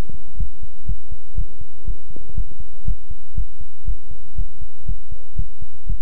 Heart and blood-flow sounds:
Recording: heart sounds by stethoscope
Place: between the tricuspid and mitral areas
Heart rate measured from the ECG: 120 bpm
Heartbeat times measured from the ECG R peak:
0.37 s: heartbeat
0.86 s: heartbeat
1.35 s: heartbeat
1.84 s: heartbeat
2.34 s: heartbeat
2.85 s: heartbeat
3.35 s: heartbeat
3.85 s: heartbeat
4.35 s: heartbeat
4.86 s: heartbeat
5.36 s: heartbeat
5.86 s: heartbeat
From the record:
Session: pedaling a stationary bicycle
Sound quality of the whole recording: good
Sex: male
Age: 24 years

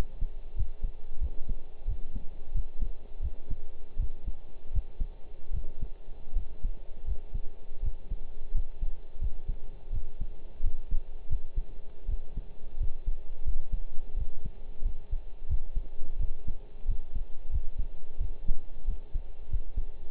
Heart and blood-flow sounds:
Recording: heart sounds by stethoscope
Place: between the tricuspid and mitral areas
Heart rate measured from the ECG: 86 bpm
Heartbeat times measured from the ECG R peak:
0.57 s: heartbeat
1.21 s: heartbeat
1.87 s: heartbeat
2.55 s: heartbeat
3.22 s: heartbeat
3.99 s: heartbeat
4.73 s: heartbeat
5.53 s: heartbeat
6.35 s: heartbeat
7.07 s: heartbeat
7.82 s: heartbeat
8.54 s: heartbeat
9.21 s: heartbeat
9.92 s: heartbeat
10.63 s: heartbeat
11.30 s: heartbeat
12.08 s: heartbeat
12.80 s: heartbeat
13.45 s: heartbeat
14.16 s: heartbeat
14.85 s: heartbeat
15.49 s: heartbeat
16.19 s: heartbeat
16.88 s: heartbeat
17.52 s: heartbeat
18.20 s: heartbeat
18.87 s: heartbeat
19.51 s: heartbeat
From the record:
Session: pedaling a stationary bicycle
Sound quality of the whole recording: partially saturated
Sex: male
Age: 23 years

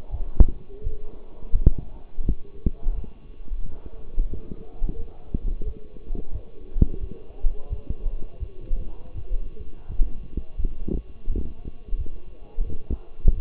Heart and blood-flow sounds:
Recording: heart sounds by stethoscope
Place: between the tricuspid and mitral areas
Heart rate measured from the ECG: 86 bpm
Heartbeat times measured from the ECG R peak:
0.10 s: heartbeat
0.82 s: heartbeat
1.52 s: heartbeat
2.24 s: heartbeat
2.94 s: heartbeat
3.62 s: heartbeat
4.30 s: heartbeat
4.97 s: heartbeat
5.64 s: heartbeat
6.31 s: heartbeat
7.00 s: heartbeat
7.69 s: heartbeat
8.39 s: heartbeat
9.14 s: heartbeat
9.88 s: heartbeat
10.57 s: heartbeat
11.28 s: heartbeat
11.97 s: heartbeat
12.65 s: heartbeat
13.34 s: heartbeat
From the record:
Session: walking at 3.7 km/h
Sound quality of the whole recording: partially saturated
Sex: male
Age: 24 years

